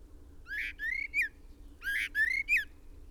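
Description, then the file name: Common blackbird giving two short phrases, each of three slurred whistled notes, about one and a half seconds apart. "Turdus merula"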